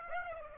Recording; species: mosquito wingbeat signal from an infrared sensor; Aedes aegypti